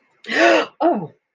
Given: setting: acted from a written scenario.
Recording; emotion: vocal sound without words; negative surprise